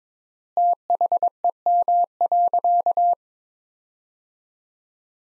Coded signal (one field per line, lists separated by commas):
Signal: Morse code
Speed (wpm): 22 wpm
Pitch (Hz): 700 Hz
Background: none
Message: THEM.